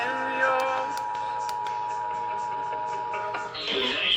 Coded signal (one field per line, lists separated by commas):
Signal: Emergency Alert System (SAME) tones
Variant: 853 and 960 Hz attention tone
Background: music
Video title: EAS Alerts from 9/6/25 (EAS #210-219)